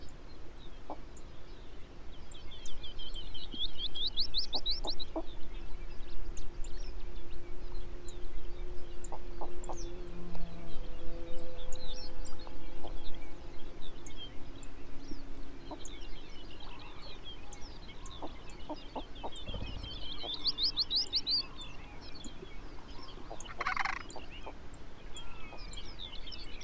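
Arctic birds call over a steady hiss: a rapid, bright warbling song rises twice, near the four-second and twenty-second marks, among scattered high ticks. Lower clucks and short croaking notes come and go, with a low hum running through the middle stretch.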